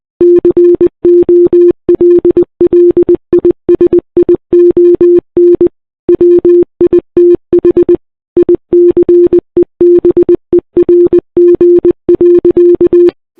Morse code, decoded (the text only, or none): COLLISION WITH ICEBERG.